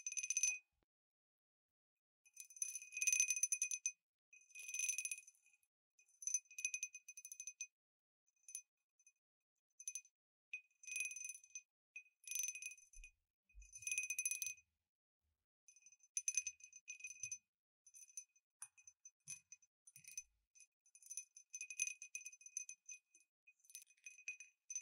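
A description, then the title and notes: Bright, thin tinkling from a glass wind bell cup comes in irregular bursts of quick light taps and jingles, separated by short silences. The ringing sits high with a few clear repeated tones and no low sound beneath. Activity is denser in the first fifteen seconds, then turns sparser and scattered. 風鈴杯 | 玻璃杯 | Wind Bell Cup | Glass Tapping | No Talking.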